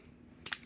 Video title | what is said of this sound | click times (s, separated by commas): Transformers Missing Link Sunstreaker Overview | Cockpit down. Satisfying click. | 0.5 s